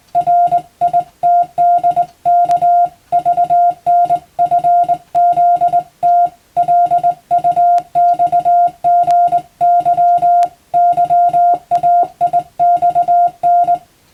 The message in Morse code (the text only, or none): RITDK VNFZT LUXGY YAIXN